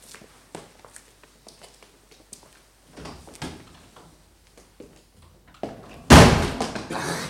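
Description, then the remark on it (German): A door with a frosted-glass pane, after 11 at night, opens with soft clicks, creaks and a few shuffling steps as a man who came up the stairs is let in, then slams shut with one loud, sharp bang that rings briefly and fades. “Lass ihn rein, Watson. Versteck dich hinter der Tür.”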